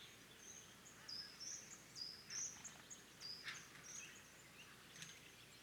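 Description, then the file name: European robin song: thin, high whistled notes and short sliding phrases, varied in pitch, scattered throughout over a steady background hiss. "Erithacus rubecula"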